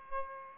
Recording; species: mosquito wingbeat signal from an infrared sensor; Aedes albopictus